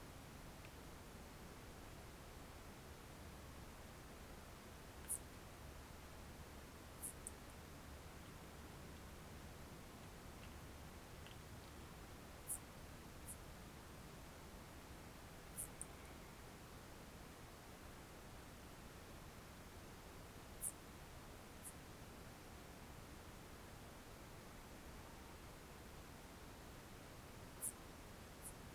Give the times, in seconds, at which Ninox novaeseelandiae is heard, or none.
none